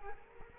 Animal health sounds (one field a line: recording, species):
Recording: mosquito wingbeat signal from an infrared sensor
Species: Culex quinquefasciatus